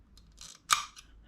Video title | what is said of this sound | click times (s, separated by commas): TUTO MECA : joint spi + huile de fourche 250 / 450 / 500 FE Husqvarna complet ￼￼ | T'as entendu le clic clic? Ça veut dire qu'il est bien mis. | 0.4 s, 0.7 s